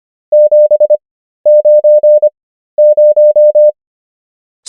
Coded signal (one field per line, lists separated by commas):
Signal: Morse code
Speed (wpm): 25 wpm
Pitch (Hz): 600 Hz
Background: none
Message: 790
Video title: morse code practice | 25wpm | 13fw | numbers | ENGLISH